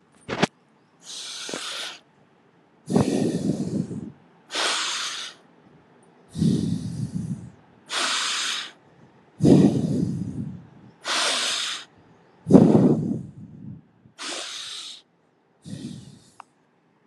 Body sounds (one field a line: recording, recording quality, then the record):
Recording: deep breathing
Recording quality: excellent, no background noise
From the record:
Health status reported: healthy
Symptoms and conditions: none ticked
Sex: male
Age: 29 years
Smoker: not ticked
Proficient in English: yes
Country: India